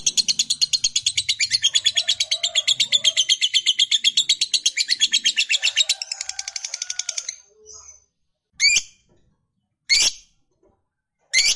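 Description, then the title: Lovebird rapid chattering run of high rasping notes lasting about seven seconds, then silence broken by three sharp separate squeaks. Fighter lovebird giving a long chatter, called ngekek panjang. "Begitu Dengar Suara Lovebird FIGHTER NGEKEK PANJANG"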